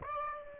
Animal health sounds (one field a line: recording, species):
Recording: mosquito wingbeat signal from an infrared sensor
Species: Aedes aegypti